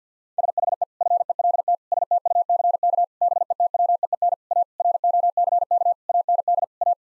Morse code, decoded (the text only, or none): SHE FELT STUCK BETWEEN A ROCK AND A